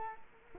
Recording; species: mosquito wingbeat signal from an infrared sensor; Culex quinquefasciatus